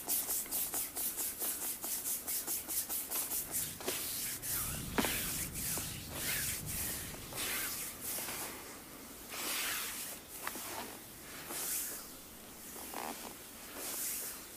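A full body sport massage, heard as quick, regular rubbing strokes of hands on skin for the first four seconds. After that the strokes slow into longer, swishing sweeps with soft thumps and brief pauses, under a faint low rumble.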